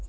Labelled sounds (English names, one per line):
Virginia's Warbler flight call